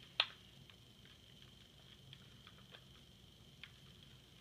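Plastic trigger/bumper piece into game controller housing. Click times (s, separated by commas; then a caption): 0.2 s. A plastic part, probably the left trigger or bumper, is pushed back into the shell of an Xbox controller during reassembly after cleaning. A sharp snap at 0.2 s shows it has seated, followed by faint light ticks and a small click around 3.6 s.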